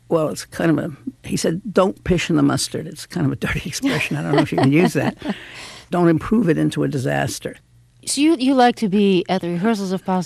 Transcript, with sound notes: well it's kind of a he said don't piss in the mustard. It's kind of a dirty expression. (Soundbite of laughter) I don't know it you can use that. Don't improve it into a disaster.
So you like to be at the rehearsals if possible.